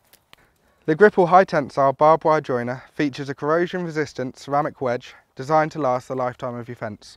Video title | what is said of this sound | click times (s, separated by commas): How to Join Barbed Wire - Discover the Gripple Barbed Range | On entend un 'clic' lorsque le fil est inséré. | 0.3 s